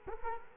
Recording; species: mosquito wingbeat signal from an infrared sensor; Culex quinquefasciatus